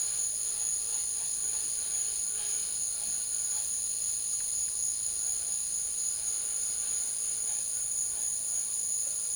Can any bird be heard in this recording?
no